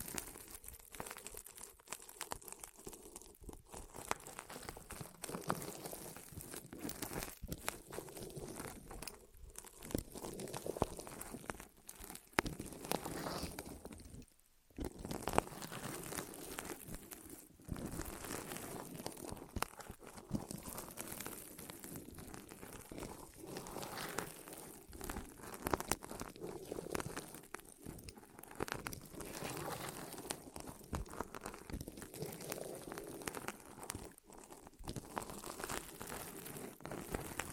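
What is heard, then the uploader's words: Rolling and rubbing against the microphone fills the clip with a dense, crinkly, scratchy texture that crackles in quick irregular bursts. The sound is bright, swelling and easing over time, with one brief silent gap near fifteen seconds. ASMR Rolling On Your Ears (No Talking).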